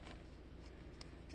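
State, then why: Seated. A plastic tentacle outfit piece is pressed onto a Doc Ock action figure while the full outfit is assembled for the first time. Over a low steady background hum, a short sharp click at 1.0 s marks the piece snapping into place, and the piece is seated.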